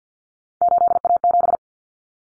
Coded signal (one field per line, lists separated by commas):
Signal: Morse code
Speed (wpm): 50 wpm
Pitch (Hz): 700 Hz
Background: none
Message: 8A7